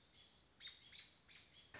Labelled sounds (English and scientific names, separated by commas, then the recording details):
American Robin (Turdus migratorius)
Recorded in Sonoma County, California